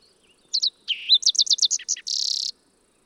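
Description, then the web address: Fox sparrow song opening with two quick high notes, then slurred whistles, a run of bright repeated notes and a final buzzy trill. "birdsongforthecurious songs Fox Sparrow"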